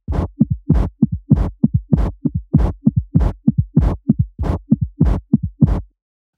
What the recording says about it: The most common defect is the ventricular septal defect, which is a hole between the walls of the two lower heart chambers, which are called the ventricles. It allows the blood to pass from the left to the right side of the heart. And this blood flow creates a kind of a murmur sound, which you can hear in between the lup and the dup.